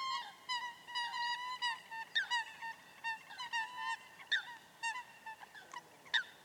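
Coot calls: a rapid series of nasal, honking notes with rich harmonics throughout.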